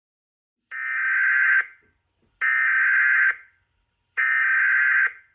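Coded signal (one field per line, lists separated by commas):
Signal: Emergency Alert System (SAME) tones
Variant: header bursts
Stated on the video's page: Fictional EAS scenario.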